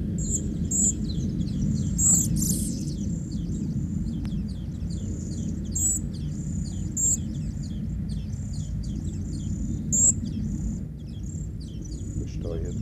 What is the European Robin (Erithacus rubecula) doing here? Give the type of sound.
call